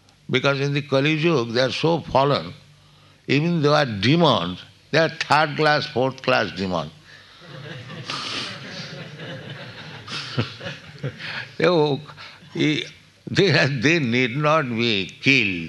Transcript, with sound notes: Because in the Kali-yuga they are so fallen, even they are demons, they are third-class, fourth-class demons. [laughter] [laughs] So they need not be killed.